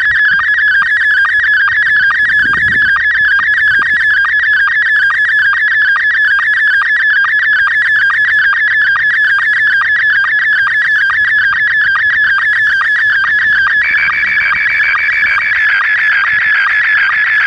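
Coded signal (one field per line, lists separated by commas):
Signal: SSTV (slow-scan television)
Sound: continuous warbling high tone with rapid regular ticking chirps, like a scanning image signal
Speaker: Received DTMF command number 20. SSTV test transmission.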